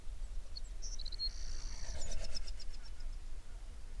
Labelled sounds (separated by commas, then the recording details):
songbird
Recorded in the Prudhoe Bay oil fields, Alaska, on 11 June 2019 at 05:29
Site 21